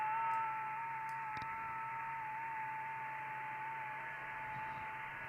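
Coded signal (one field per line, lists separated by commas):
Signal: FT8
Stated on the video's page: Live FT8 on the 6 m (50 MHz) band during an opening to Japan.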